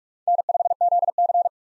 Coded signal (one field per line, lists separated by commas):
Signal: Morse code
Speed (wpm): 43 wpm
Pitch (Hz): 700 Hz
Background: none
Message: N5ZC